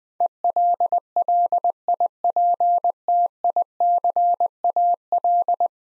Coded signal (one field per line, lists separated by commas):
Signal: Morse code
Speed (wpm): 21 wpm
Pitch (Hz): 700 Hz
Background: none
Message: ELLIPTICAL